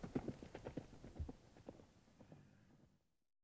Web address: horse gallop by medium